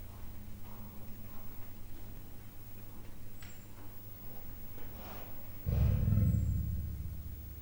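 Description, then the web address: Leopard giving a low, rumbling growl that starts suddenly near the end, over a steady low hum. Male and female leopards in captivity at Miskolc Zoo, recorded 2009, giving soft growls and barks. "allathangok miskolcizoo 2009 standardt leopard himnosteny halkmordulasvakkantas"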